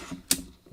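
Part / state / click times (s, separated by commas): plastic brick leg of a model droid, coming out of its body mount / released / 0.3 s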